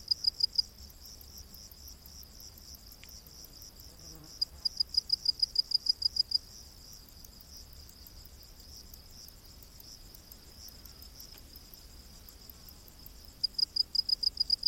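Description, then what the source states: Cricket giving runs of loud high pulses that start and stop, separated by quieter stretches. Rainforest at night.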